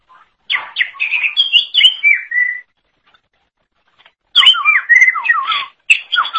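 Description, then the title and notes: Leafbird song: rich, varied whistled and chattering phrases with quick slurred notes, two bursts separated by a pause of nearly two seconds, no other sounds. Cucak ijo song. "Suara Kicauan Burung Cucak Ijo"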